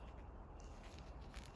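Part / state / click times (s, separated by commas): front wiper blade onto the wiper arm / not seated / none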